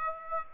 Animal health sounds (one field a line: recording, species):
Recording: mosquito wingbeat signal from an infrared sensor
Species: Aedes aegypti